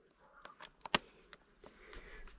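After the turn signal bulb is reseated, a small plastic tab on a motorcycle turn signal housing is pressed back into place. A few faint ticks and taps lead up to one sharp, bright snap at 0.9 s, followed by a softer tick and low handling noise. The tab seats with the snap.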